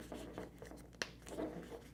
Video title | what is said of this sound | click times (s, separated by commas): Mobius X8 Motorcycle Wrist Brace Review | it snaps right in this is very simple to do | 1.0 s